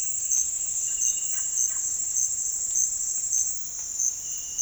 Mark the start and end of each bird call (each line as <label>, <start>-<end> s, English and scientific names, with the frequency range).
Russet-backed Oropendola (Psarocolius angustifrons) (0.4-2.6 kHz), 0.75-1.89 s